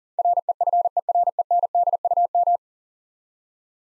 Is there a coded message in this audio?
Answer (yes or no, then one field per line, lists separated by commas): yes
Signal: Morse code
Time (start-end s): 0.2-2.6 s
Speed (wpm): 40 wpm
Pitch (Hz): 700 Hz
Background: none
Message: REFERENDUM